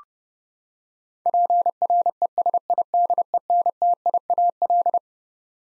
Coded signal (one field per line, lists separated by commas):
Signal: Morse code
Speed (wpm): 31 wpm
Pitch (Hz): 700 Hz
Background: none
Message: PRESIDENTIAL